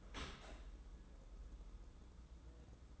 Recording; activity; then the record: daily activity, microphone in the room; open dishwasher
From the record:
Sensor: 3